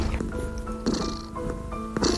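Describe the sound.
A cat purrs with a steady, soft rumble that runs unbroken for a couple of seconds, while a few brief bursts of background noise and faint voices come and go.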